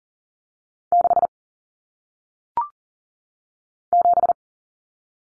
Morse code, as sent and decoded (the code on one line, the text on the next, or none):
-.... / --...
6 7